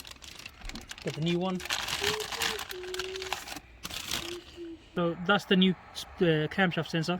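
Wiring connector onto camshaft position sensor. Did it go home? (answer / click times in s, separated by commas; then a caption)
no / none. Someone talks while handling the new camshaft position sensor for a Nissan Micra K12 being fitted to fix a hot start issue, with the wiring plug about to be pushed onto the sensor. Light handling ticks and rustles sit under the speech. Nothing has seated or clicked yet.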